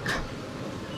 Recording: coughing mixed with background sound